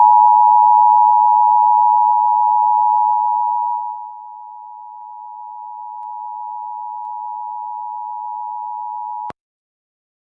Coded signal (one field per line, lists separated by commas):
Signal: Emergency Alert System (SAME) tones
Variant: 853 and 960 Hz attention tone